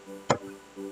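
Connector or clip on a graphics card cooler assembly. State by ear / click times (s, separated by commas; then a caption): seated / 0.3 s. A connector or clip on the cooler assembly of an EVGA RTX 3080 FTW3 graphics card is pressed home during reassembly. A single sharp, bright click at 0.3 s rises well above steady background music, and the part is seated.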